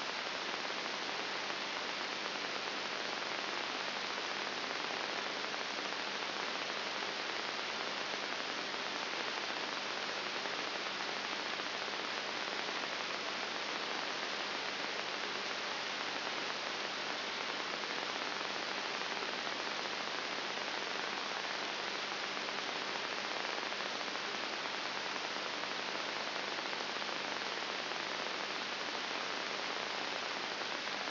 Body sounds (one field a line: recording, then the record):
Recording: brain microelectrode recording played as sound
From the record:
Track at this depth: inside the subthalamic nucleus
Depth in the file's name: 6.5 mm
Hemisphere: right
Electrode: 3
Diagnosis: Parkinson's disease